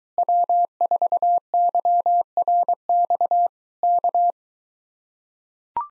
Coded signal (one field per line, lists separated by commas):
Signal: Morse code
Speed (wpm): 23 wpm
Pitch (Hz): 700 Hz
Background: none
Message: W4YRX K